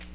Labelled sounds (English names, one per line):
Magnolia Warbler flight call